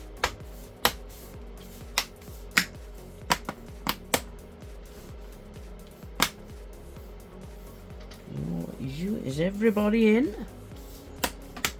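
Pressing around the edges of the plastic bottom cover of a Dell G3 3579 laptop snaps its clips into the chassis, giving a series of sharp clicks at 0.9, 2.0, 2.6, 3.3, 4.1 and 6.2 seconds. Someone then talks, and a few more short sharp sounds follow near the end. The cover clips are seated.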